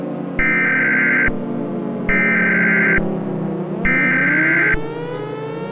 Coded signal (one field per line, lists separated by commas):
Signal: Emergency Alert System (SAME) tones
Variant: header bursts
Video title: EAS Scenario #40 Horror X